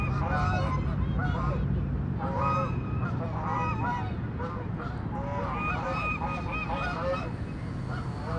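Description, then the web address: Goose calling, rapid overlapping nasal honks throughout over a heavy low background hum. Goose honking in a city setting; urban ambience recording. "City Sounds AMBUrbn Goose Honk, Hiss, Duck"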